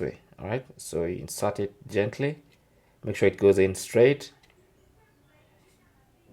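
An SD card is lined up and gently started straight into the card slot of a DJI Osmo Action 5 Pro action camera, before being pushed home with a fingertip. Someone talks through most of the clip, with a faint handling tick near 4.5 seconds. Nothing has seated or clicked yet.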